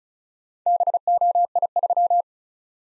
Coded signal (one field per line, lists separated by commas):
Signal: Morse code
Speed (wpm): 36 wpm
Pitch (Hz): 700 Hz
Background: none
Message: BOI3